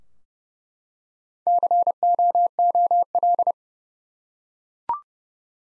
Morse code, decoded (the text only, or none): COOL